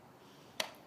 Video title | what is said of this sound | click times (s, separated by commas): Labquest Mic Setup | I'm just going to plug mine into channel one here you should hear it click and | 0.6 s